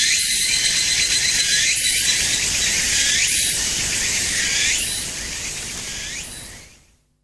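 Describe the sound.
Evening cicada call, a high ringing trill of rising pulsed phrases repeated every second or so, fading out toward the end.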